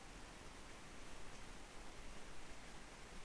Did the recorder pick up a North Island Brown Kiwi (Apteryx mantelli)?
no